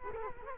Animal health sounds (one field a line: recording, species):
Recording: mosquito wingbeat signal from an infrared sensor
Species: Culex quinquefasciatus